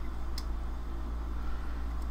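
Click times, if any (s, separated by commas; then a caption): none. A builder presses a tiny plastic piece into small holes of an HG 1/144 Qubeley model kit, trying to force it in. Over a steady low hum there is only a faint brief tick near 0.4 s. The piece goes in unevenly and nothing has seated or snapped into place yet.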